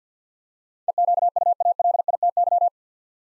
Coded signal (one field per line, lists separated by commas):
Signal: Morse code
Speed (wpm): 51 wpm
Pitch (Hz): 700 Hz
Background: none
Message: EQUALITY